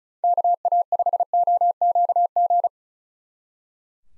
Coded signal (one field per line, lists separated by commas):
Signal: Morse code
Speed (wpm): 44 wpm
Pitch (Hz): 700 Hz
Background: none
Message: KA5OQG